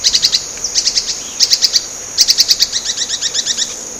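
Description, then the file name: Spix's spinetail giving quick clusters of high, sharp notes, ending in a faster run of downslurred notes, against a continuous high-pitched insect hum. Recorded at Laguna Diario, Uruguay, on 19 April 2013. "Synallaxis-spixi-Lag Diario-UY-19-4-13-ASilveira"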